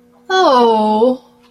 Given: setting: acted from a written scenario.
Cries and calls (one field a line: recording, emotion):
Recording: vocal sound without words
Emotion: adoration